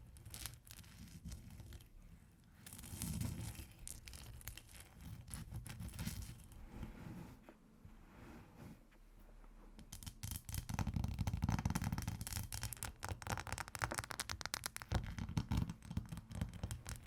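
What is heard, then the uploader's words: Ice being tapped and scratched, a busy stream of dry scraping and crackling with quick clicks scattered throughout. The first half is looser, with a quieter lull around eight seconds, then from about ten seconds the scratching turns louder and denser, with rapid ticking taps. ASMR Ice Tapping & Scratching (No Talking).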